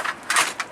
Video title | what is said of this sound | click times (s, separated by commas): Awning open and close | she locked in the plate I'm going to do the same thing on this whole got | 0.3 s